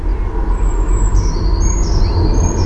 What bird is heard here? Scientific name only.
Cyanistes caeruleus